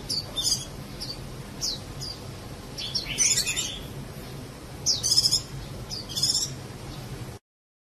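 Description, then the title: Java sparrow chirping, scattered short high chips mixed with a few rough, buzzy bursts, fairly soft, over a steady low background hum. "kicau gelatik"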